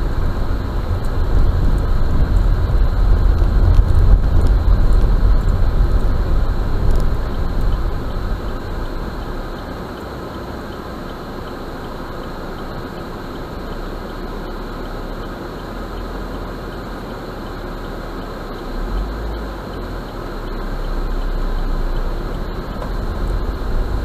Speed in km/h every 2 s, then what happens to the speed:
16, 20, 17, 10, 0, 0, 0, 0, 0, 0, 4, 10.
4-8 brakes to 0. 8-19 standing. 19-24 pulls away to 10.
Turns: none.